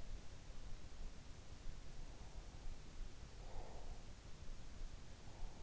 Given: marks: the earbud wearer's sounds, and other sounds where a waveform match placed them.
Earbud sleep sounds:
sounds in sleep by an in-ear microphone; breath
3.40-4.24 s: breath

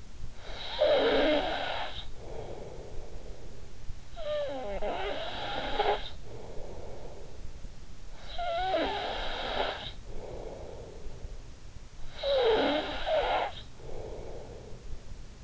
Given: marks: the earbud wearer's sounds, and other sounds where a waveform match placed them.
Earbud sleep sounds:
sounds in sleep by an in-ear microphone; snoring breath
0.15-11.44 s: snoring breath
12.04-15.01 s: snoring breath

